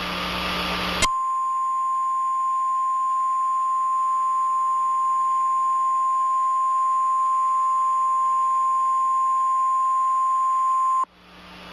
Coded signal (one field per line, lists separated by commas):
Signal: Emergency Alert System (SAME) tones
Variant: 1050 Hz attention tone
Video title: a green reacting to eas alarm from different countries